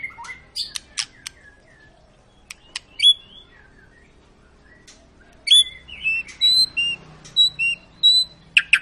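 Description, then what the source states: White-rumped shama song: bright whistled notes and sharp chirps in short bursts with pauses, then a livelier run of clear high whistles and trills. Long lure recording (pancingan) of a constantly singing (gacor) white-rumped shama, used to prompt other birds to sing.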